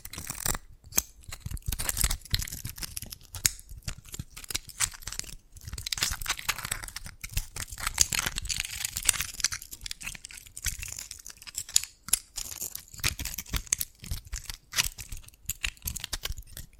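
Tapping and cracking on dalgona candy: a dense, irregular run of sharp, crisp clicks and small snaps that continues for the whole clip. The sounds come in quick clusters with brief gaps, a few louder cracks around the eight- and twelve-second marks, and a bright crinkly edge throughout.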